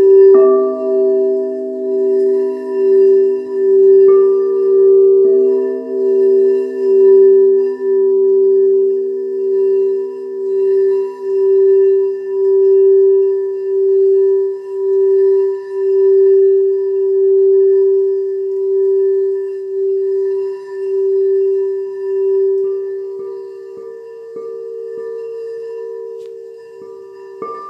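Quartz singing bowls ring in a sustained mid-pitched tone that pulses slowly, with brief added overtones appearing near the start and again toward the end.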